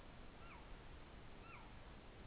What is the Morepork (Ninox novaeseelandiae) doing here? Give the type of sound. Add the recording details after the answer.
weow call. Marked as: faintness 4/5. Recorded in New Zealand. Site Taranaki